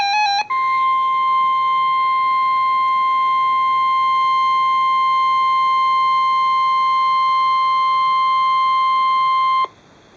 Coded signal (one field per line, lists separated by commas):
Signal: Emergency Alert System (SAME) tones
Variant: 1050 Hz attention tone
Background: music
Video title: Severe Thunderstorm Warnings (EAS #604-605)